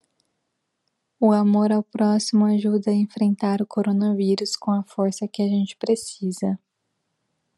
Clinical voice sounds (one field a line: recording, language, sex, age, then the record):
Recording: spoken sentence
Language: Brazilian Portuguese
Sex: female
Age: 20 to 29 years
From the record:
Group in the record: control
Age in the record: 27 years